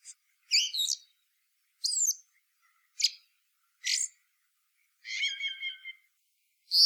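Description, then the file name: Eurasian blackbird giving short, high, scratchy notes spaced about a second apart, then a brief warbled phrase; quiet background. "Turdus merula"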